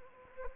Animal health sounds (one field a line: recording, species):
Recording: mosquito wingbeat signal from an infrared sensor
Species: Anopheles gambiae